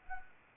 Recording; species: mosquito wingbeat signal from an infrared sensor; Anopheles arabiensis